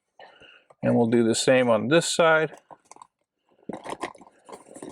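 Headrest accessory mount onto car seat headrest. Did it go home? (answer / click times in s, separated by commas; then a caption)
no / none. Someone talks while handling the second side of a Hansshow multi-function headrest accessory, whose clamp is being fitted onto the post of a car seat headrest. Brief handling and crunching sounds follow the speech. Nothing has seated or clicked yet.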